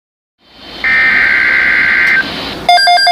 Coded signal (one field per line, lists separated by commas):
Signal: Emergency Alert System (SAME) tones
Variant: header bursts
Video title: MY FIRST WATCH CAUGHT!!!! Flash Flood Watch eas# 46